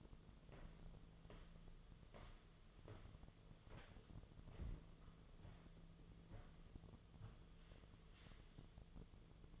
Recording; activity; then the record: daily activity, microphone in the room; walk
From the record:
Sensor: 4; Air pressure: 1006.3 hPa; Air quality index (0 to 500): 87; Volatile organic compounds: 2 ppm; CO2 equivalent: 1081 ppm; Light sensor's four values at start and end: 12/27/11/10 and 12/28/11/10